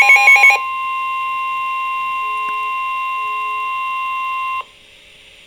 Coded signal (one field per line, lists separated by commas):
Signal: Emergency Alert System (SAME) tones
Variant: 1050 Hz attention tone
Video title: Flood Warning (EAS #227)